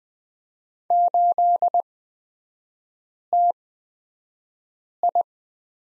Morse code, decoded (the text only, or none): 8TI